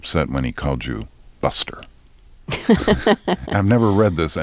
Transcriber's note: soundbite of laughter